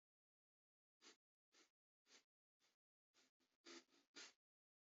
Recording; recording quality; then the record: shallow breathing; excellent, no background noise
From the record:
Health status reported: healthy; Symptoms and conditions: none ticked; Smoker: not ticked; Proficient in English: yes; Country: India